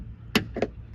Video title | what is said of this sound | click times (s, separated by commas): Full Tutorial Starlight Headliner (Honda Civic) tips and tricks | that click and it's good. | 0.4 s